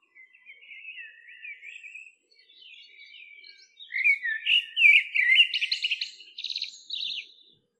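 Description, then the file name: Common blackbird singing: quiet mellow warbling notes at first, then a loud rich fluting phrase that ends in scratchy high-pitched twittering. "Turdus merula"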